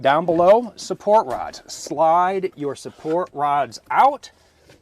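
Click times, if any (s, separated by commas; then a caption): none. Someone talks while handling the metal table support rods of a 2023 Rize 18A Class B camper van's dinette, sliding them out from below the seat so they will lock into the seat base. Only speech is heard, with no clear mechanical hits. Nothing has seated or clicked yet.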